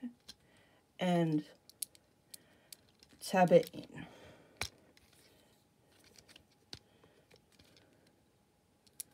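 Someone talks while a plastic limb part is tapped into its socket in the body of a Transformers Kingdom Commander Class Rodimus Prime transforming action figure. Sharp little taps and clicks of plastic handling are scattered through the clip. Nothing has seated or clicked into place yet.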